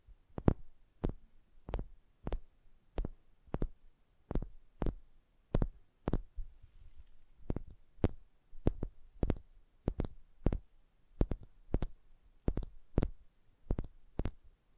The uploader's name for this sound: Sensitive Tapping